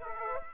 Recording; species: mosquito wingbeat signal from an infrared sensor; Aedes aegypti